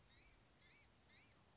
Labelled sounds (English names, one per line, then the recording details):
Blue-gray Gnatcatcher
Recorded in Sonoma County, California